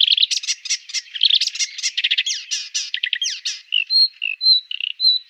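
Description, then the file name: Marsh warbler song, a fast, varied run of buzzy trills, chattering notes and whistled phrases, ending with short clear whistles. "Sumpfrohrsaenger"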